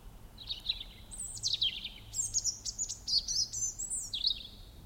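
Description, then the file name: European robin song, a run of high thin warbled and trilled phrases with quick pitch jumps, over faint low hum. "Erithacus rubecula"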